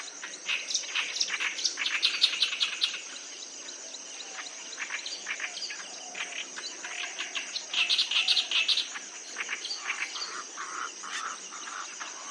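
Clamorous reed warbler song: two loud bursts of harsh, rattling chatter separated by quieter scratchy notes, with a continuous high insect buzz behind.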